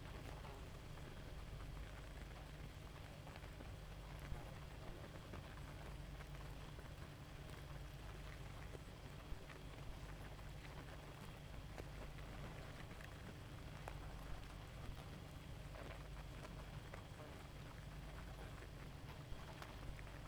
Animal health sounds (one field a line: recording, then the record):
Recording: honeybee colony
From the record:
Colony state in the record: active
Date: 28 July 2017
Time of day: 0:31